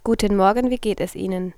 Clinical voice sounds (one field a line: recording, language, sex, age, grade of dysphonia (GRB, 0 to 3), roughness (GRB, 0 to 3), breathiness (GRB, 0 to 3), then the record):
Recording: spoken sentence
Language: German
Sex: female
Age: 20 to 29 years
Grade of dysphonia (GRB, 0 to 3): 1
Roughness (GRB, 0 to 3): 0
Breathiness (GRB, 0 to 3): 1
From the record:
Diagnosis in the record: recurrent laryngeal nerve paralysis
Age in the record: 24 years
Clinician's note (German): Zustand nach partieller links (gering eingeschränkt), jetzt allerdings vollkommen symmetrisches Schwingungsbild